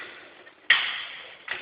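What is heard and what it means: A CPU cooler fan and heatsink is pushed down onto the processor socket mount until its plastic mounting latches lock. A loud, sharp click at 0.7 s fades over about half a second, followed by a softer tap at 1.5 s. The cooler is seated and locked onto the processor.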